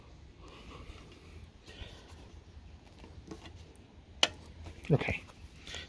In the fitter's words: once you hear the click then you're able to push your little locking